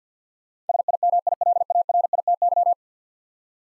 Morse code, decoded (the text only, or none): SIMILARITY